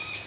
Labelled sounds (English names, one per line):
Yellow-throated Warbler flight call